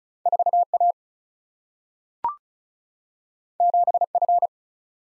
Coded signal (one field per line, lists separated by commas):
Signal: Morse code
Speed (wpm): 36 wpm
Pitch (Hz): 700 Hz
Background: none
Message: 4 A 7 F